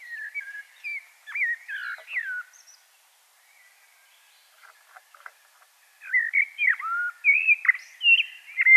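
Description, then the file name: Common blackbird song: two bursts of mellow, fluty warbled phrases with quick upward and downward slurs, separated by a few seconds of quiet. "Turdus merula"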